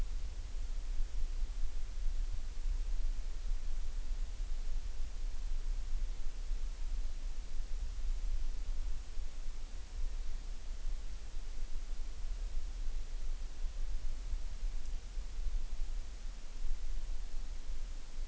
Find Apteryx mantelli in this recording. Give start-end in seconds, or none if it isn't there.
none